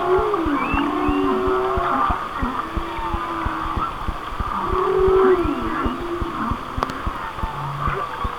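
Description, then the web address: Whale song: arched moans repeat several times, some doubled, under a wash of higher squeals, with dense clicking throughout. "Whale Songs Whale Songs- Mike Mc Donald"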